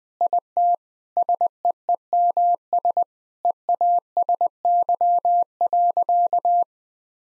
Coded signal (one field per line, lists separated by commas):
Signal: Morse code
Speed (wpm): 20 wpm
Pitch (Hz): 700 Hz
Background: none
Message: IT SEEMS EASY.